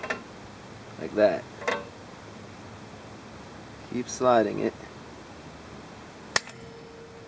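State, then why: Seated. A drum brake return spring is stretched over its anchor knob with the end of a 3/8 ratchet and slid along while someone talks. At 6.4 s a single sharp click rings out as the spring pops onto the shoe anchor post and seats in place.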